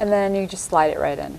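A plastic belt clip is being slid onto the back of a hard snap-on phone case for an HTC Wing while the release button is held down. Someone talks throughout, and no click is heard. Nothing has seated or clicked yet.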